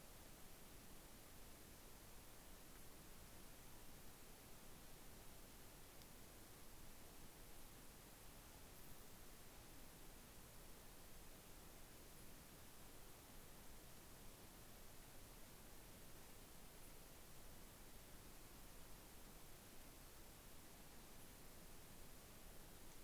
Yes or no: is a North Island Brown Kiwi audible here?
no